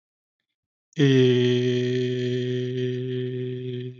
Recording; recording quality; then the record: sustained vowel as in made; excellent, no background noise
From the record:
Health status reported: healthy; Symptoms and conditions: none ticked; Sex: male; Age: 21 years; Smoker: not ticked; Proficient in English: yes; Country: India